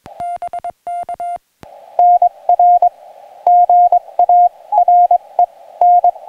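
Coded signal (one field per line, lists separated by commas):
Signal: Morse code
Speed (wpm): 22 wpm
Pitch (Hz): 700 Hz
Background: none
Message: BK NR GARE N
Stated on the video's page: Morse sent with a pressure paddle during a combined SOTA/POTA mountaintop activation in high winds, antenna on a carbon fiber mast.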